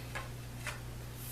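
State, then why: Seated. A takedown recurve bow limb, lined up with its marks, is pushed into the bow riser over a steady low hum. It seats with a small, sharp click at 0.7 s, snapping in and holding solid.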